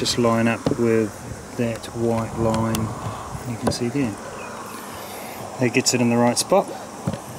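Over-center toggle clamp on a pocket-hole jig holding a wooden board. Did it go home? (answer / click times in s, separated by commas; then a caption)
no / none. A pocket-hole jig with an over-center toggle clamp is positioned on a wooden step and lined up with a marked line, ready to clamp the wooden board, while someone talks over a steady background noise. The clamp has not yet snapped over center and locked, so nothing has seated or clicked yet.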